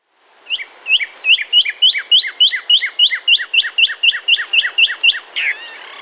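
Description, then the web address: Cardinal song: a fast series of many clear whistled notes, each sliding sharply downward, ending with a brief harsher note. "bird cardinal"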